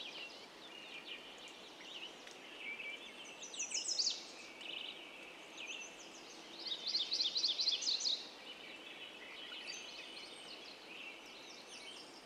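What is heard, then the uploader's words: A dawn chorus of mountain birds, with many overlapping high chirps and trills layered over a steady hiss. Two brighter bursts of rapid repeated notes stand out, one near the four-second mark and another around seven to eight seconds. Yellowstone Park.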